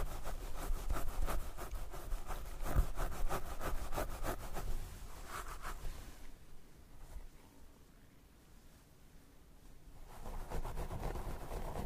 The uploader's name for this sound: Scalp Massage & Hair Brushing